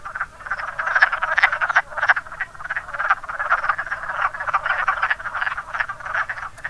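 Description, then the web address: Wood frog chorus: steady run of raspy, duck-like clucks overlapping from several callers. "zoology woodfrog"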